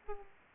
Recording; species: mosquito wingbeat signal from an infrared sensor; Aedes aegypti